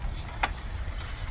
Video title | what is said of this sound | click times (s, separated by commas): Awning Opening and Closing: WEEKNZ.com RV Rentals | it's going to lock into place where it doesn't move and put a little tension on it | 0.4 s